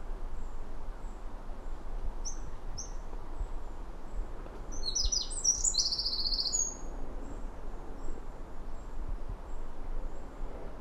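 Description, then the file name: Eurasian wren song: two brief high notes, then one fast burst of tumbling high trills in the middle, with constant low background noise. "Troglodytes troglodytes"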